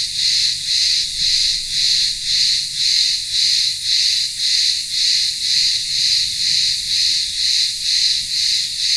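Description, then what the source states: Cicada chorus, a steady high-pitched rasping buzz pulsing evenly roughly twice per second throughout. Cicadas in the town square of a remote village on Ikaria island, Greece, in the midday heat.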